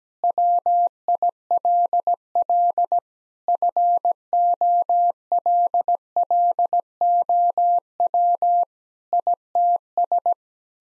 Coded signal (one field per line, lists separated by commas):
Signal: Morse code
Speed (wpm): 17 wpm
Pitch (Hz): 700 Hz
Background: none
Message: WILL FOLLOW ITS